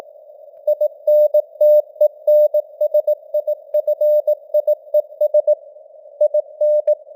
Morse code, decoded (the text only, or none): INTENSIFIES IN